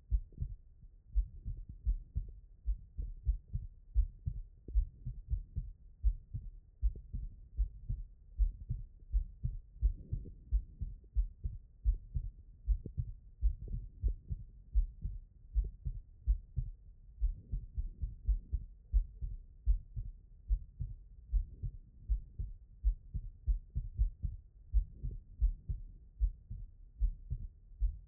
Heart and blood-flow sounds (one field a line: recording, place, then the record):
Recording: heart sounds by stethoscope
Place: aortic valve (AV)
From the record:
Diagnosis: non-HFrEF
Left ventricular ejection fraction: 61%